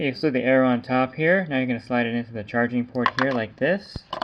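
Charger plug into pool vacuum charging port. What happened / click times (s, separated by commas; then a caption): The plug is being guided toward the port but has not yet clicked home / none. Someone talks while lining up a charger plug by the arrow on its top and sliding it into the charging port of a Jacuzzi JPV300 cordless rechargeable, battery-operated pool and spa vacuum. The plug is still being handled at the end, and nothing has seated or clicked yet.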